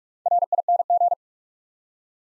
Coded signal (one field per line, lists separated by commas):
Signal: Morse code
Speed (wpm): 44 wpm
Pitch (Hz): 700 Hz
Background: none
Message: RING